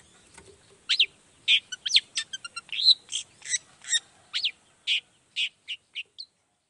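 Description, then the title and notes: Long-tailed shrike song of scratchy chattering notes and short squeaks, irregularly spaced, varied in pitch and growing softer toward the end. Long-tailed shrike in full song (gacor) in the morning, singing the 'toet toet' variation; said to prompt other shrikes to answer. "Cendet Gacor Dor Di Kala Pagi Toet Toet Variasi Suara. Cendet Gacor Pagi Hari Biangnya Bikin Cendet Manapun Langsung On Nyaut Buka Materi. Burung cendet"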